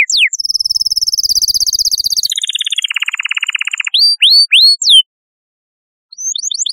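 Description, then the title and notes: Canary song: a long, rapid buzzy trill drops in pitch partway through, then a few separate downward-sweeping whistles, a short pause, and a fresh burst of quick sweeps. Chirping song. "Kicau Burung Kenari"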